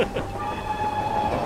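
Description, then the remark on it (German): A train brakes as it enters the Pittsfield tunnel on a steep downhill grade, a steady metallic squeal holding a high pitch over a continuous rumbling roar of wheels on rails, loud and unbroken throughout. “Das ist der Tunnel von Pittsfield, Sir. Der Lokführer bremst, denn es geht hier steil bergab.”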